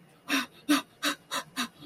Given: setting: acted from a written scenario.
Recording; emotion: vocal sound without words; fear